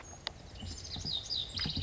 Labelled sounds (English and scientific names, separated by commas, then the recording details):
Lazuli Bunting (Passerina amoena)
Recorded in Sonoma County, California